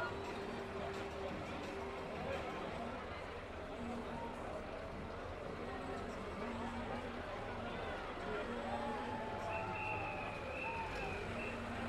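Crowd noise at a traditional goose riding ceremony in Belgium: a dense, steady murmur of many voices talking at once for the whole twelve seconds. Brief tonal calls or whistles rise above the chatter now and then, with a low rumble underneath.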